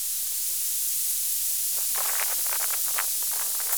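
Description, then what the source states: Bat calls through a detector: a quick, irregular run of dry clicks and pops from about two seconds to the end, over a steady hiss. Recorded with a bat detector on 14 August 2018.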